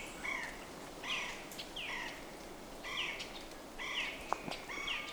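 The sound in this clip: Bird calls: sharp, downslurred notes repeated about once a second, six in all, over steady background hiss with a few faint chirps.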